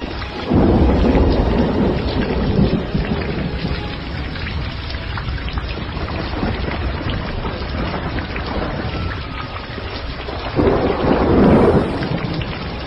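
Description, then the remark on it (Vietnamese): Deep thunder rumbles roll in two loud swells, at the start and again near the end, over a steady, dense hiss of heavy rain pouring throughout, as dark clouds gather and lightning flashes across the sky. “Mây đen tụ lại, ánh chớp lóe qua bầu trời, tiếng sấm ầm ầm. Một cơn mưa lớn lại đổ xuống nữa, nước mưa xối lên mặt.”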